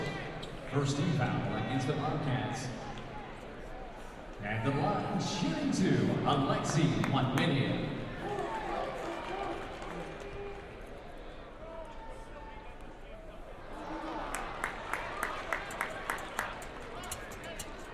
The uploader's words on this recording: American student basketball game in stadium - Binaural field composition Austin, Texas 2011. Game: Texas-Texas State. This is a binaural audio recording.